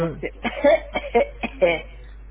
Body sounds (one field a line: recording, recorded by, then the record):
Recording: voluntary cough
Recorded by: telephone call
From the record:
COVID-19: negative